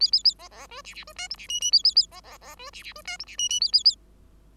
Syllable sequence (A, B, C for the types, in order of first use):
A A A B B C D D C E F D G G A A A B B B C D D C E F D G G A A A